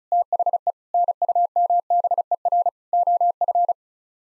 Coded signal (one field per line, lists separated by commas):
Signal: Morse code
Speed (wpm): 36 wpm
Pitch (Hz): 700 Hz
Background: none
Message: THE NUMBER OF